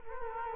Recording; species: mosquito wingbeat signal from an infrared sensor; Culex quinquefasciatus